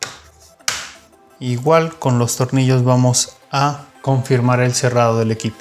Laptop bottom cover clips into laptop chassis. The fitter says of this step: Se van a escuchar varios clics mientras cerramos.